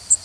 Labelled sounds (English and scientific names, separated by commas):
Connecticut Warbler (Oporornis agilis) flight call